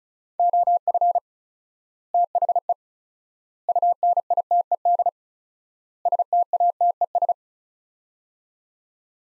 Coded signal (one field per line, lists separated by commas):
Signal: Morse code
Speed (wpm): 34 wpm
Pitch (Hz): 700 Hz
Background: none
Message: OF THE UNITED STATES